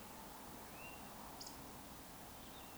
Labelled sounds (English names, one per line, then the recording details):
Eurasian Woodcock whistle
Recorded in Baden-Württemberg, Germany, on 18 June 2021 at 19:33 UTC
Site 49334, 1074 m above sea level